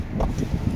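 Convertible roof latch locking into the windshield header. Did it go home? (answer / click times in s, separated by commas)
no / none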